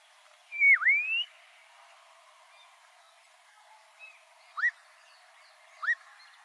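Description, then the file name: Black-crowned monjita song: a long clear whistle that dips sharply and rises, followed by two short upslurred whistled notes over a second apart, faint hiss behind. "Canto da noivinha coroada"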